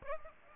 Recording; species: mosquito wingbeat signal from an infrared sensor; Aedes aegypti